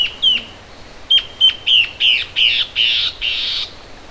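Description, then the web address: Bird call series: a lone sharp note, then a run of notes about three per second, clear at the start and harsh and noisy by the end. "BIRD SABIOD bird"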